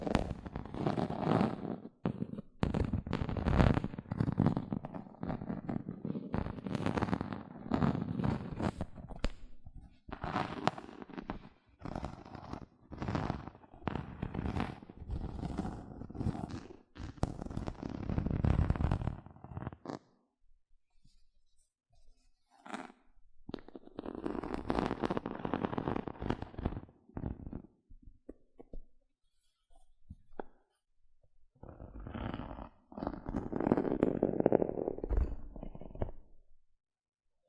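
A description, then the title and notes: Gentle scratching goes on in dense, uneven bursts through the first twenty seconds, with sharp little clicks and taps mixed in. After a near-silent pause the scratching comes back in two shorter, softer patches, with the last one rising to a fuller, rougher rub. ASMR 6 Tingly Gentle Scratching Sounds (No Talking).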